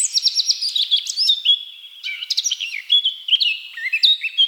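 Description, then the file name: Eurasian blackcap song opening with quick repeated high notes, then running into a jumbled warble of chirps and short fluty whistles. "Sylvia atricapilla"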